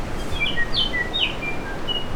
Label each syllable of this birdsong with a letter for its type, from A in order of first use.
A B C D E F G H